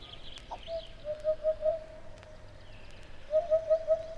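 Bird giving soft, low hooting notes in two runs of three or four, separated by a pause, over faint background hiss and a few clicks.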